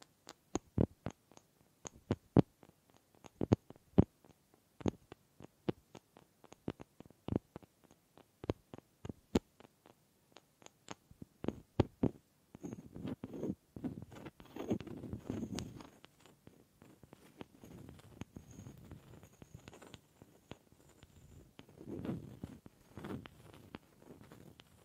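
Sharp wooden taps and clicks, sparse and irregular at first, then denser with soft low rubbing and scraping from about thirteen seconds onward.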